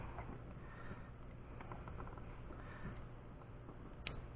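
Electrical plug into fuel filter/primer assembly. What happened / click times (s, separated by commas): The plug snapped home on its mount / 4.1 s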